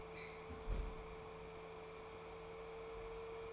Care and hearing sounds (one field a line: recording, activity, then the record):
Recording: daily activity, microphone in the room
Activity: close fridge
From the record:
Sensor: 1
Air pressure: 1015.0 hPa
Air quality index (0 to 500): 193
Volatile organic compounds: 21 ppm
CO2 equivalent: 2737 ppm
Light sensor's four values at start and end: 31/78/33/40 and 31/77/33/40